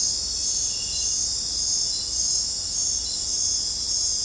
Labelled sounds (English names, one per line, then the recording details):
none
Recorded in dense forest near Puerto Asís, Putumayo, Colombia, on 18 December 2024 at 22:00
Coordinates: 0.466, -76.327
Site G075